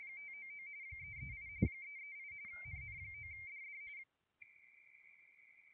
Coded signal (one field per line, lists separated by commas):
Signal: RTTY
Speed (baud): 45.45 baud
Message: 599 338 338 NN9DD